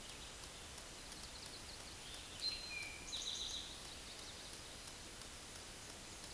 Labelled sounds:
Eastern Towhee song
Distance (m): 35 m
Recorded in a Pennsylvania forest on 17 May 2023 at 12:10
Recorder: AudioMoth, point grid1_24_low
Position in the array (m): 115 m, 214 m

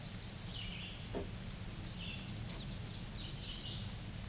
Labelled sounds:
Chestnut-sided Warbler song
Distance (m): 45 m
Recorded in a Pennsylvania forest on 18 May 2023 at 09:50
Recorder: AudioMoth, point grid1_23_low
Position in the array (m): 138 m, 198 m

